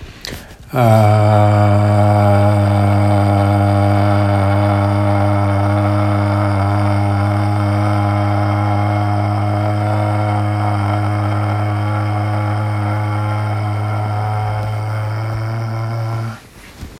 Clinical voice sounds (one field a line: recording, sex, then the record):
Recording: sustained vowel /a/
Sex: male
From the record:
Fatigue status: no fatigue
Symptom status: symptomatic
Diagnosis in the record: COVID-19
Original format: m4a